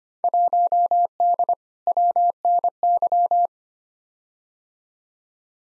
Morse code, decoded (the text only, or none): 1D WNY